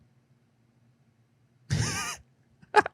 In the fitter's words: yep you heard the snap